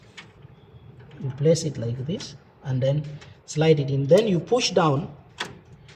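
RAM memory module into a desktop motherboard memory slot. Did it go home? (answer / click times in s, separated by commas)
yes / 5.4 s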